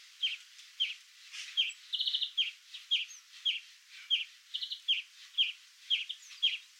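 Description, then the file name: European greenfinch giving short chirping calls about twice a second, with brief rapid trilled bursts mixed in; background otherwise quiet. "Chloris chloris"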